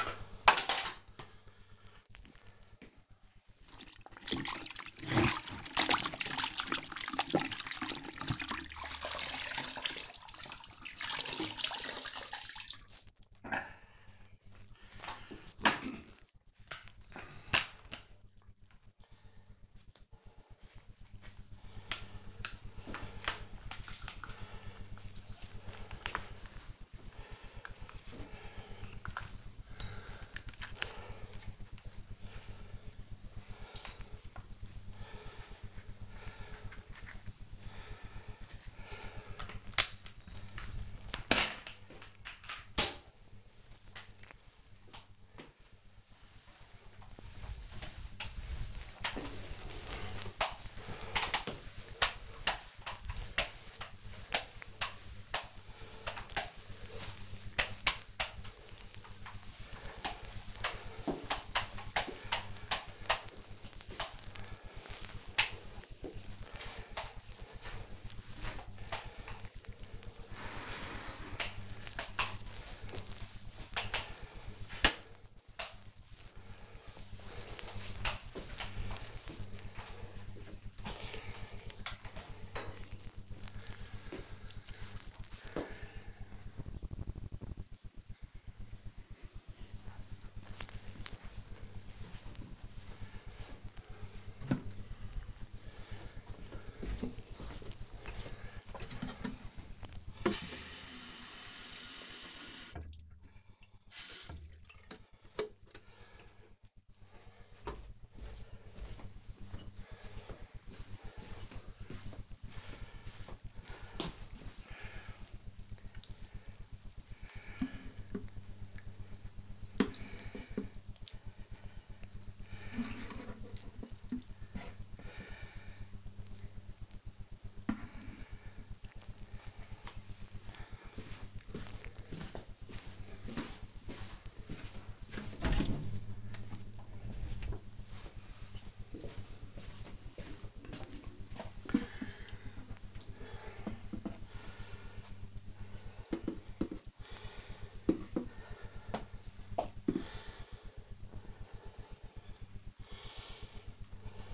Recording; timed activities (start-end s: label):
household activities, microphone on the right wrist
0.00-80.24 s: floor cleaning
94.30-154.34 s: watering plant